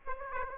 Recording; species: mosquito wingbeat signal from an infrared sensor; Aedes aegypti